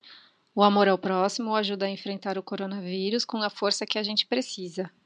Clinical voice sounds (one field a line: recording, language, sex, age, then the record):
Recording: spoken sentence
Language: Brazilian Portuguese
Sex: female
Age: 30 to 39 years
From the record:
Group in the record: control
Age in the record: 34 years